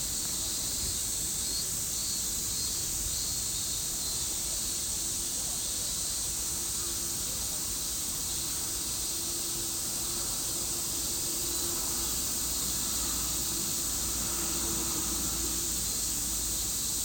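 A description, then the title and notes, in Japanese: Cicadas drone in a steady, dense, high-pitched hiss that never lets up, over a faint low rumble and soft rustling of trees. 夏の音（Binaural）- Summer Sound。セミの鳴き声や木々の揺れる音、室内でも夏を感じられるような音を今回もバイノーラルで録りました。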